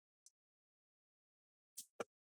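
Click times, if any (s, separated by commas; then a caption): 0.3 s, 1.8 s, 2.0 s. A plastic opening tool or guitar pick wedged 1-2 mm between the palm rest and the plastic bottom cover of an HP 14-CM0033 laptop is pushed down toward the corner, and the cover's retaining clips pop loose with sharp clicks at 0.3, 1.8 and 2.0 seconds. The clips release and the bottom cover comes free from the palm rest.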